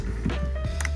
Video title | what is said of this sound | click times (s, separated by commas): How to rent an RV with Okinawa RV rentals (Happy1 White - English version) | and they click into place so once you hear the click | 0.8 s